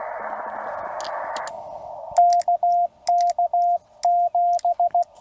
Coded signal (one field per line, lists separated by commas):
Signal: Morse code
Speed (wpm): 16 wpm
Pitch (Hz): 700 Hz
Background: radio noise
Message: KK7